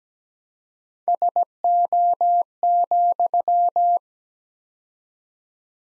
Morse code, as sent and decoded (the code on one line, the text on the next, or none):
... --- --..--
SO,